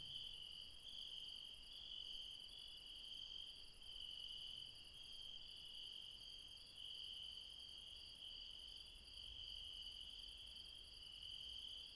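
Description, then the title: Insects in a dense night chorus: steady shrill trilling bands at several pitches, continuous throughout. Late night, mountains, Refuge Krevatia, Barbala, Dion, Greece. "Refuge Krevatia, Μπαρμπαλά, Dion 601 00, Greece - Late night mountain insects"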